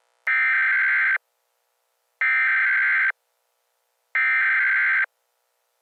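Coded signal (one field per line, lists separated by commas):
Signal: Emergency Alert System (SAME) tones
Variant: header bursts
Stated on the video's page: Fictional scenario.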